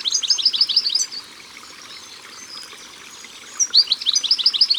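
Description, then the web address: Eurasian blue tit with a short burst of high, rapid chirps, a pause filled only by flowing water, then another quick chirping burst. "Mesange bleue Au bord de leau. album au-bord-de-leau"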